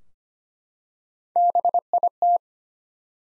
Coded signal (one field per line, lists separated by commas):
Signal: Morse code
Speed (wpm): 25 wpm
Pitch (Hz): 700 Hz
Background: none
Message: BIT